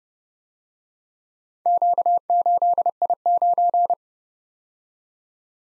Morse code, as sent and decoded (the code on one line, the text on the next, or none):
--.- ---.. .. ----.
Q8I9